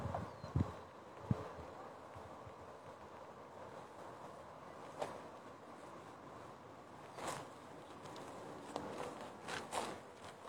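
A walk through the forest of the Govind wildlife sanctuary in Uttarakhand, India, with a steady hiss of outdoor ambience throughout. Scattered footsteps and rustles crunch irregularly, with a couple of sharp thumps near the start and louder brushing sounds around seven and ten seconds.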